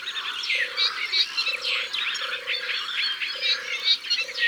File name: Tourterelle des bois Au bord de leau